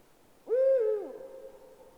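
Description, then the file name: Eurasian eagle-owl calling once, a deep rounded hoot lasting about half a second with a falling end, then a soft lingering hum. "puchacz zwyczajny Bubo bubo"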